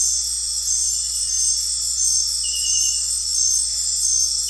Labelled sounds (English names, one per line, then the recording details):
none
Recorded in dense forest near Puerto Asís, Putumayo, Colombia, on 9 March 2025 at 19:30
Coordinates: 0.503, -76.323
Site GP09